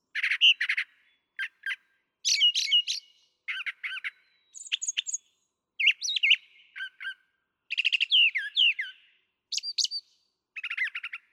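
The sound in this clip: Brown thrasher song: varied phrases of buzzy, harsh and clear notes, many given in pairs, with short pauses between groups, against a silent background.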